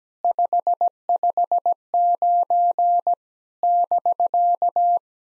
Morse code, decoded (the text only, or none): 559 <BK>